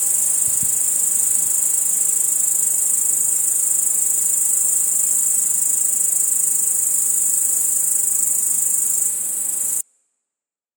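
Crickets trilling in a dense, unbroken high-pitched chorus that holds steady for about ten seconds, then cuts off abruptly into silence.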